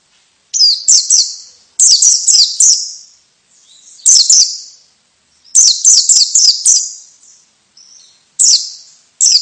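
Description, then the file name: White-eye calls, loud high chirps in clusters of two to five notes, repeated every few seconds. Female. "suara pleci betina"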